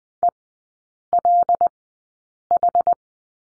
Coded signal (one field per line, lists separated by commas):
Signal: Morse code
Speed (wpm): 19 wpm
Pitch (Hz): 700 Hz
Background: none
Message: ELH